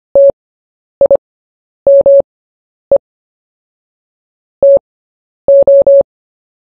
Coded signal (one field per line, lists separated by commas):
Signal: Morse code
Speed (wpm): 25 wpm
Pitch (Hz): 560 Hz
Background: none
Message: TIME TO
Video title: Short Story 1 at 10 WPM